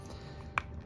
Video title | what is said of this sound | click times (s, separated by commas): Noir Ambré by Issey Miyake unboxing and 1st Impression | um clicks into place see that little rib there the cap | 0.6 s